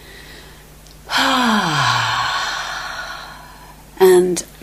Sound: long exhale